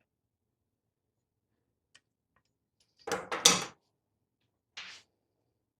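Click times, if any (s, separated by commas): 3.5 s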